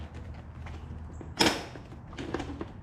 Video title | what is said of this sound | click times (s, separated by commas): Trickle Charger install on a Kawasaki Z900 | locks into place | 1.4 s